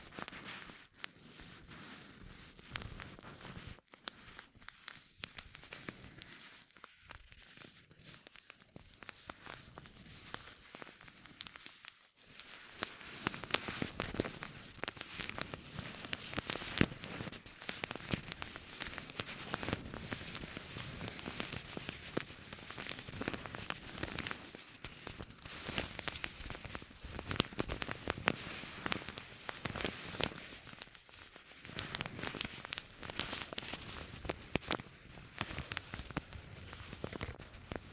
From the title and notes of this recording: Rubbing and Crinkles (NO TALKING).